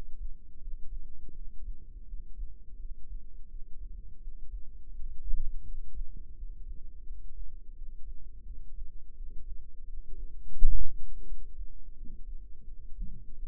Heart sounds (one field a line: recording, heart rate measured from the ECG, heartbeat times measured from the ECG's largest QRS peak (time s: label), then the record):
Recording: heart sounds by microphone in the left ear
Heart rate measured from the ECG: 85 bpm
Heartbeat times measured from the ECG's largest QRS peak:
0.58 s: heartbeat
1.32 s: heartbeat
2.05 s: heartbeat
2.76 s: heartbeat
3.47 s: heartbeat
4.19 s: heartbeat
4.91 s: heartbeat
5.63 s: heartbeat
6.34 s: heartbeat
7.04 s: heartbeat
7.73 s: heartbeat
8.43 s: heartbeat
9.13 s: heartbeat
9.84 s: heartbeat
10.56 s: heartbeat
11.25 s: heartbeat
11.94 s: heartbeat
12.64 s: heartbeat
13.34 s: heartbeat
From the record:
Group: healthy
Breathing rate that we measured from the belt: 14 breaths a minute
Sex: female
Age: 51 years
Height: 162 cm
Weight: 70.04 kg